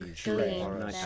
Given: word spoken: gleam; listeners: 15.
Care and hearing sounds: one English word in noise, from a listening test; four-talker babble; 0.6 dB; 4 of 15; 6 of 15; 0.66 s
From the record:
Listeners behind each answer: 6, 4, 2, 1, 1, 1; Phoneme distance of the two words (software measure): 20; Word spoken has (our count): 1 syllable, 4 phonemes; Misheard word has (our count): 1 syllable, 4 phonemes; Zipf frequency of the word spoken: 2.80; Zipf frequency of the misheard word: 4.97

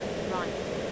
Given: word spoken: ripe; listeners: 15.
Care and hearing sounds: one English word in noise, from a listening test; speech-shaped noise; -4.8 dB; 0 of 15; 10 of 15; 0.52 s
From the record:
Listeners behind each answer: 10, 1, 1, 1, 1, 1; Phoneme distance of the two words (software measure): 10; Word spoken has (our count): 1 syllable, 3 phonemes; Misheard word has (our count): 1 syllable, 3 phonemes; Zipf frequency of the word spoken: 3.70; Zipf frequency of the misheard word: 6.36

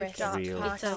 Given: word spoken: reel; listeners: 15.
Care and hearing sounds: one English word in noise, from a listening test; four-talker babble; -2.3 dB; 0 of 15; 13 of 15; 0.57 s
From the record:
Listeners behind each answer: 13, 1, 1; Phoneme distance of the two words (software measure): 10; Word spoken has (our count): 1 syllable, 3 phonemes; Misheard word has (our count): 1 syllable, 3 phonemes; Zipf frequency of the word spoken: 3.56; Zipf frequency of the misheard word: 5.53

